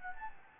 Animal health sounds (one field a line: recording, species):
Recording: mosquito wingbeat signal from an infrared sensor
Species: Anopheles gambiae